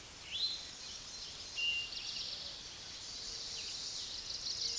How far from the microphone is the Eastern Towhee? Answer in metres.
about 20 m